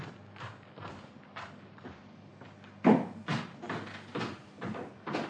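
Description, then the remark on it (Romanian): An entrance door is opened with a series of rattling, knocking mechanism sounds, a heavier thud partway through, then more clunks and scrapes in a steady irregular rhythm. “Ușa e deschisă.”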